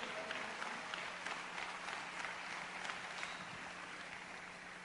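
An audience applauds the King steadily for about five seconds, a dense, continuous patter of many hands clapping at even loudness with no voices standing out.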